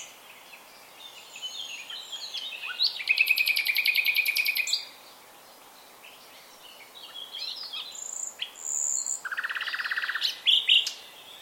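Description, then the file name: Common nightingale delivering a long, fast, rattling trill, then quieter whistles and a second buzzy trill, with steady hiss underneath. "Luscinia megarhynchos"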